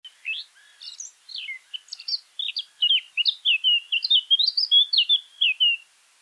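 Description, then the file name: Eurasian blackcap song: a warbled phrase of quick varied notes that grows louder, ending in clear fluting whistles, about six seconds long. "Sylvia atricapilla"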